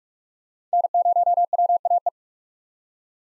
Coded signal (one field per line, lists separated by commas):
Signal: Morse code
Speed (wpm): 42 wpm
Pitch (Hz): 700 Hz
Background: none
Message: N0WAE